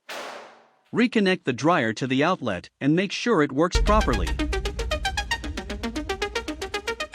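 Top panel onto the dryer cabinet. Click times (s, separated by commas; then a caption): 0.1 s. A Samsung dryer's metal top panel is lowered and pushed down onto the dryer cabinet until its clips engage, during a heating element assembly DC97-14486A repair on a dryer that is not heating up. A single sharp snap at 0.1 s shows the panel has seated. Someone then talks, followed by music with a steady series of sharp hits.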